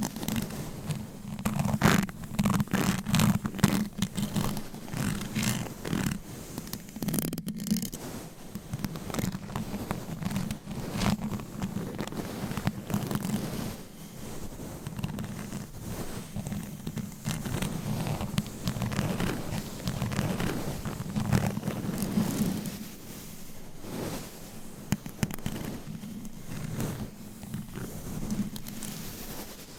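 Scratching, tapping and massage sounds run without pause, a dense rustle of brushing and rubbing with many quick vertical clicks from tapping throughout. A steady low hum sits underneath, and the texture stays busy and fairly even, loudest in the first few seconds.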